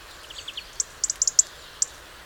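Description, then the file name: European robin calls: a few soft lower notes, then a run of very high, short, thin ticks, some in quick pairs, with a last one after a brief pause. "Erithacus rubecula"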